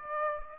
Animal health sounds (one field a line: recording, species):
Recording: mosquito wingbeat signal from an infrared sensor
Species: Aedes aegypti